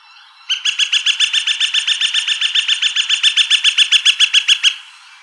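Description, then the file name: Gilded Flicker giving a long, rapid series of wik notes, about four seconds in all. Recorded by Deviche, apparently on 29 March 2003. "GIFL deviche"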